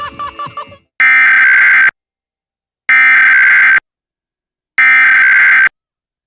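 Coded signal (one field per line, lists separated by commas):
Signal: Emergency Alert System (SAME) tones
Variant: header bursts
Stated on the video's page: National EAS test as relayed in New York City.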